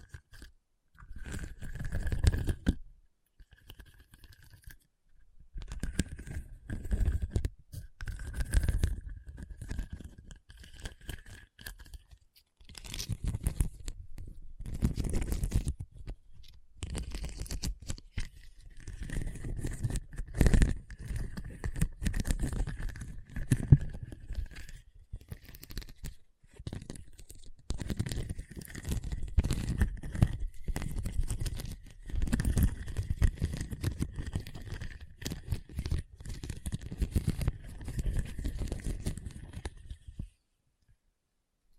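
Scratching across a hard, bumpy surface in dense, rough bursts that run almost continuously, broken by brief pauses near 3, 12, 17 and 26 seconds. The strokes are gritty and crackly with a low thudding underneath, and a thin steady whine sits faintly above them through much of the clip.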